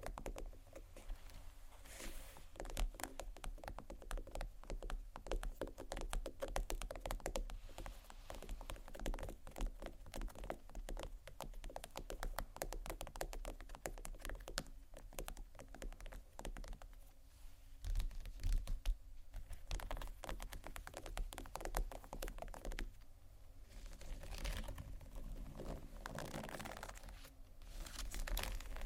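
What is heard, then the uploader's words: Fingers tap and scratch on a textured bag, giving a dense, continuous crackle of tiny clicks across the whole clip. The rustling stays fairly even with brief thinner patches around 18 and 23 seconds, over a faint low steady hum. ASMR TEXTURED BAGS TAP & SCRATCH (No Talking).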